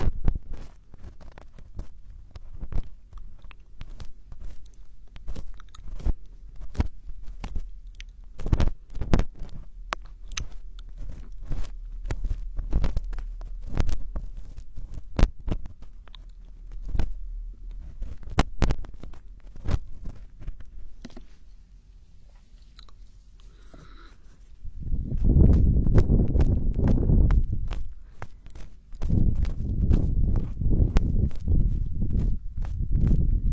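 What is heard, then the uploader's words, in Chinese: Ear picking: a stream of sharp, irregular crackles and scratchy clicks, some quick clusters and some single snaps, over a soft low rumble. From about 25 seconds a louder, denser rubbing and rustling takes over, with brief pauses, through to the end. 掏耳朵。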